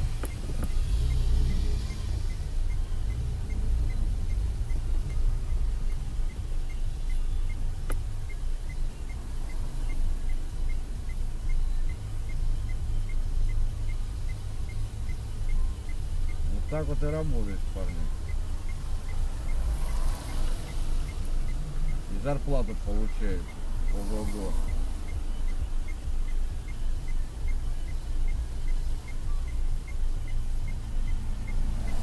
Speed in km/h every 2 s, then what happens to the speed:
0, 3, 5, 3, 0, 0, 0, 0, 0, 0, 0, 0, 0, 0, 0, 0.
0-7 steady at about 3. 7-32 standing.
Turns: none.